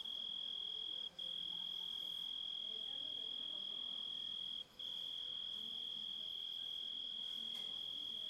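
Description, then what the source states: Grasshopper song as a constant high ringing tone, broken by two brief pauses, against quiet background noise. Composite of several sounds.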